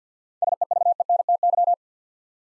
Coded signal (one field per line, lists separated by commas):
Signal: Morse code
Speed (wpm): 50 wpm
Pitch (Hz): 700 Hz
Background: none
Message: SEVENTY